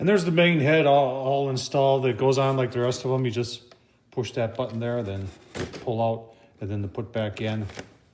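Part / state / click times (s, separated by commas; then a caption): floor head onto stick vacuum wand / not seated / none. Someone talks while handling the main floor head of a Kyvol V20 cordless stick vacuum, pressing its release button, pulling the head off and then pushing it back onto the plastic wand. Nothing has seated or clicked yet.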